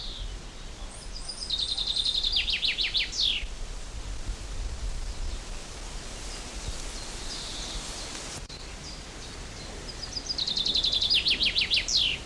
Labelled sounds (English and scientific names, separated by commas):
Common Chaffinch (Fringilla coelebs)